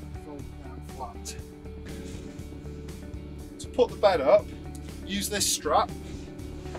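A folded campervan travel seat backrest is being handled by its strap to pull it up and later push it into its ratchet mechanism, on a VW T6 or Ford Transit Custom-based leisure van, while someone talks over background music. A few brief handling thumps and rustles are heard. The backrest has not seated or clicked into the ratchet yet.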